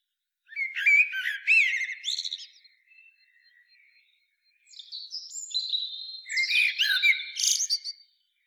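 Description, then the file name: Common blackbird delivering a warbled flute-like phrase with a chattering high ending, a quiet pause, then a longer phrase ending in shrill squeaky notes. "Turdus merula"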